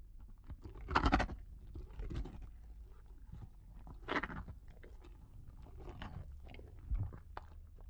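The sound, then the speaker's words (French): A tiger eating: wet chewing and crunching with irregular bites, three louder crunches standing out over a steady low gnawing texture. No one speaks. “C'est le tigre qui mange?”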